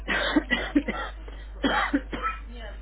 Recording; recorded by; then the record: voluntary cough; telephone call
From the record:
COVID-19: positive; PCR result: checked with the laboratory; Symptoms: yes